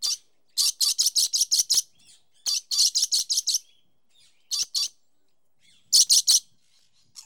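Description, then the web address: Dusky lory screeching: harsh, rasping shrieks delivered in rapid bursts of two to seven, separated by short pauses, with a few softer notes between. "The BBC Sound Effects Library. Disky Lory"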